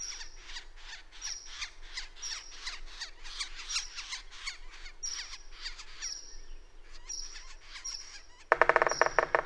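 Bird song of short high whistles and sweeping chirps repeated steadily, ending with a sudden loud burst of rapid chattering notes.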